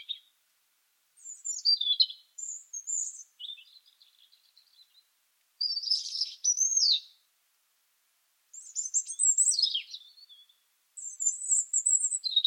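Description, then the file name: European robin song in varied high phrases, twittering, sliding and trilled, each phrase followed by a short silence before the next begins. "Erithacus rubecula"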